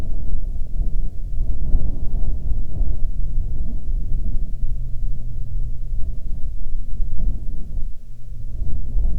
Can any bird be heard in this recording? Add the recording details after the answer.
no. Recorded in the Arctic National Wildlife Refuge, Alaska, on 6 August 2019 at 19:06. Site 49